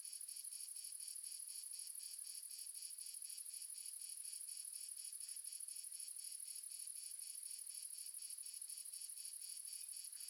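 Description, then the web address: Crickets chirping together in a dense, steady chorus, high buzzy pulses repeating about four times a second without a break. Ambience of multiple crickets recorded in the south of France. "Sonniss GDC 2017 Game Audio Bundle Red Sonic - Crickets and Frogs amb crickets multiple south france"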